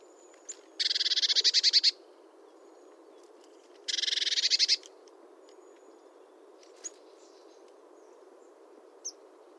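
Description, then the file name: Eurasian blue tit giving two harsh, buzzy churring bursts of rapid notes, each about a second long and three seconds apart, over steady low background hiss. "Cyanistes caeruleus"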